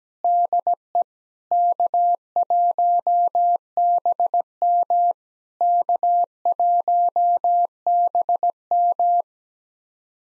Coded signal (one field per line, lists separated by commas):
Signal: Morse code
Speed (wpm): 18 wpm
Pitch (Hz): 700 Hz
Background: none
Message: DE K1BM K1BM